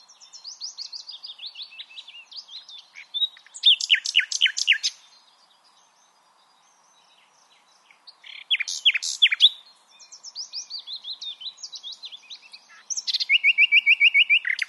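Common nightingale song alternating soft repeated whistles with loud rapid bursts of sharp notes, ending in a fast steady trill.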